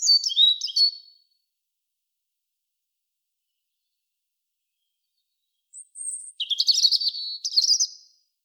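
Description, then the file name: European robin song: a short, high, tinkling phrase of thin descending whistles, then after a long silence a longer jumbled phrase of sharp, high, twittering notes. "Erithacus rubecula"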